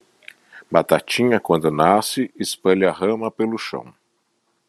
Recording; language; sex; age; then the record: short text; Brazilian Portuguese; male; 50 to 59 years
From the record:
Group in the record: control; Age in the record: 56 years